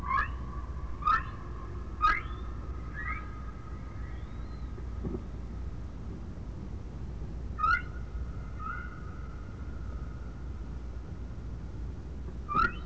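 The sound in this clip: Whale calls: sharp chirps in irregular clusters with long gaps, a thin sustained tone running beneath, and low rumbling noise throughout.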